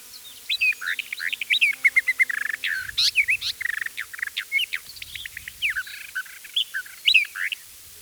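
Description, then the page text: Eastern Orphean warbler song, a continuous run of varied, fast, chattering and warbled phrases with rapid notes, some short whistled slurs mixed in. "Eastern Orphean Warbler Song. Quick Sounds"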